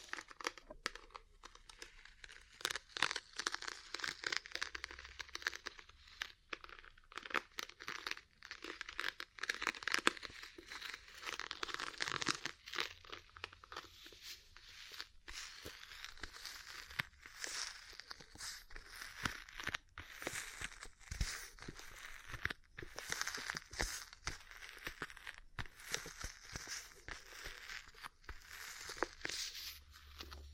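Ear cleaning and massage sounds: dense, crackly rustling and crinkling fills the whole stretch, with frequent sharp taps and pops scattered irregularly throughout. The texture stays fairly bright and busy, with short quieter gaps, and a faint low rumble swells now and then underneath.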